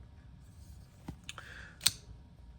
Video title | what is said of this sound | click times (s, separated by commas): It’s your second chance at love. The Atlas v2.5 from Avian Knives | And you'll hear a snap. That'll snap together. That'll snap together and then you can | 1.9 s